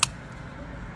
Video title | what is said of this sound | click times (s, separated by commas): How To Drive A Car BEGINNERS DRIVERS | just like that you just want to twist until you hear it you can twist it just one time until you hear it lock once | 0.0 s